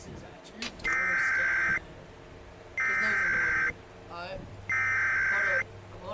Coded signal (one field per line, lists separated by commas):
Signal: Emergency Alert System (SAME) tones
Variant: header bursts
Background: speech